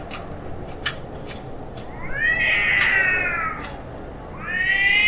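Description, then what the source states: Cat yowling: faint clicks, then a long wavering wail rising and falling, and a second yowl rising near the end, against a steady low background hiss. Cats fighting.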